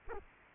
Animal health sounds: mosquito wingbeat signal from an infrared sensor; Culex quinquefasciatus

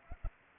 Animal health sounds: mosquito wingbeat signal from an infrared sensor; Anopheles arabiensis

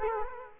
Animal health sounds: mosquito wingbeat signal from an infrared sensor; Culex quinquefasciatus

